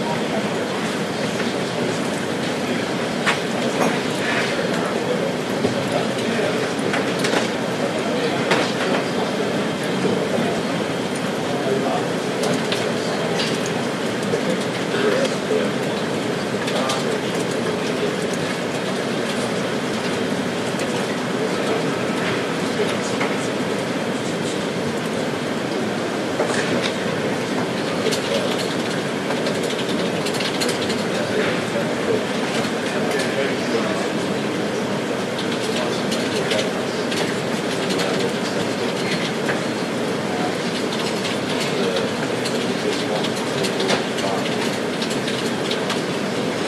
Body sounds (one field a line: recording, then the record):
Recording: background sound without coughing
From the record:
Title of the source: Office Sounds Ambience - Background Noise for Study and Work